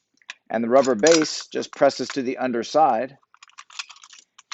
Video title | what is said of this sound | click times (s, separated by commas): 2015+ Ford F150 with Thule Evo Clamp + WingBar Evo Roof Rack Crossbars | just snaps into place | 0.3 s